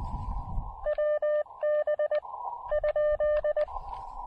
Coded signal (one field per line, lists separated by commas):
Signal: Morse code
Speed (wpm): 19 wpm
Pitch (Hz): 590 Hz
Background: none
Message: WB?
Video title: Elecraft KX2/AX2 SOTA: Insane QRP DX Using the Smallest, Most Compromised Antenna I Own!